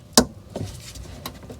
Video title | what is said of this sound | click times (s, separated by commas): INNOVA 5610 Car Scan Tool - Toyota RAV4 ABS VSC TRAC AWD Wheel Speed Sensor Replacement - EASY DIY! | connector is the exact same just push it until it clicks | 0.2 s